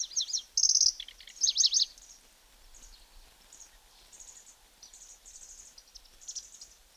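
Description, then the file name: Pallas's Grasshopper Warbler: a few loud rapid high trilled bursts at the start, then a run of quieter short buzzy high notes spaced irregularly. "Zvuki ptic - Pevchij sverchok"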